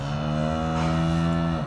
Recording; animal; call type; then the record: contact call of a hoofed animal; cattle; low-frequency (closed-mouth) or high-frequency (open-mouth) call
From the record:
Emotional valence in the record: negative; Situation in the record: physical separation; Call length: 1.67 s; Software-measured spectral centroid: 1730 Hz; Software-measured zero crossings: 1210 a second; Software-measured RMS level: -24 dBFS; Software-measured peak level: -13 dBFS